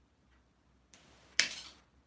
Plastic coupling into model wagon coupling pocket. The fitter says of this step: And all you got to do is going to make a nice clicking sound, but